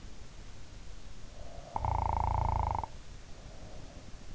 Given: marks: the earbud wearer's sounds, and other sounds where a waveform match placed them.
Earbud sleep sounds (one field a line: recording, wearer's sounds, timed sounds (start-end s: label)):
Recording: sounds in sleep by an in-ear microphone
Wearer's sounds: snoring breath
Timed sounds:
1.16-4.25 s: snoring breath